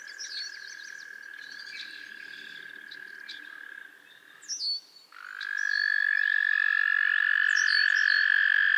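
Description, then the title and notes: Frog chorus of drawn-out trills; one trill fades and breaks off, a pause with scattered chirps follows, then a loud new trill starts and carries on steadily. A chorus of frogs crooning to one another on a summer evening at Miners Marsh, Annapolis Valley, Nova Scotia. "Theraphonia - Frogsong at Miners Marsh. A chorus of frogs croon to one another on an idyllic summer evening in Miners Marsh, Annapolis Valley, Nova Scotia"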